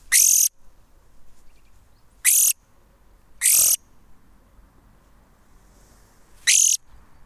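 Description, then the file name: European greenfinch uttering four brief rasping, hissy calls at uneven intervals of one to three seconds. "Chloris chloris"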